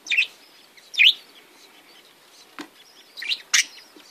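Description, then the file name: Budgerigar chirps, two bright chirps a second apart, a click, then a pair of quick notes near the end. "Canto do periquitos ingleses"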